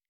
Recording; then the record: hydrophone in a shrimp aquaculture tank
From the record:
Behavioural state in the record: stressed